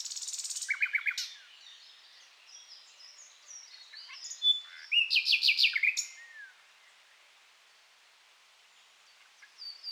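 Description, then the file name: Common nightingale song: a fast pulsed burst of notes, soft high whistles, then a loud run of rich repeated notes mid-way, ending with a thin high phrase. "Luscinia megarhynchos"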